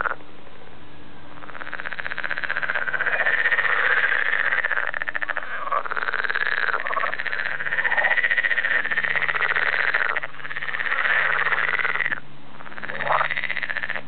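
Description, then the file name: Edible frog giving loud, fast pulsed rattling croaks in several long bursts with brief gaps, over a low steady hum. "kecskebéka"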